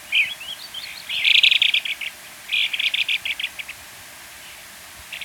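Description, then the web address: White-crested Elaenia chattering calls, a burst of rapid buzzy high notes followed by a second stuttering series, with a brief note at the start and end. Recorded in Ecuador. "Birds of Ecuador 2. White-Crested Elaenia"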